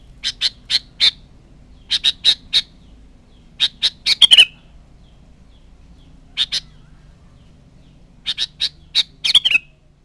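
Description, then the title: Sooty-headed bulbul giving short groups of sharp clicking chirps spaced by pauses, ending with a slurred downward note. "Kutilang"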